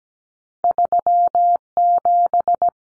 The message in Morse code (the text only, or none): 37